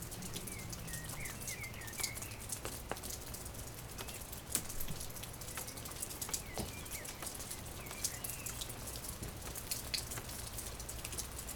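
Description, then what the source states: Bird song, several short warbled phrases of twisting chirps over steady rain with raindrops pattering. Recorded during rain.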